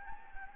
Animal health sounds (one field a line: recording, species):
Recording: mosquito wingbeat signal from an infrared sensor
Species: Anopheles gambiae